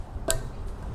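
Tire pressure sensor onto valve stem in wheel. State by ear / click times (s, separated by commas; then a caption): seated / 0.3 s. A new tire pressure (TPMS) sensor for a Dodge, Jeep, Chrysler or Ram is pushed by hand onto its valve stem mount on the wheel. A single sharp click is heard at 0.3 s over a quiet background, and the sensor is seated.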